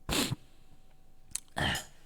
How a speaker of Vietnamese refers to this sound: Ok, bây giờ đi nghỉ nhá, mình hơi mệt rồi, lạnh quá nó sụt sịt.